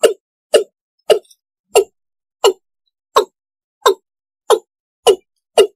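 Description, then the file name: East Asian bullfrog calling with ten clipped croaks at a steady pace of a little under two per second, in silence. Singing frog (the source's local name, tiếng gà đồng). "tieng ga dong"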